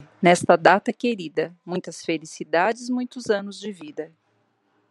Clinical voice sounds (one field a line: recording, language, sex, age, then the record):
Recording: short text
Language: Brazilian Portuguese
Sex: female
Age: 50 to 59 years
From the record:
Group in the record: control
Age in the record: 51 years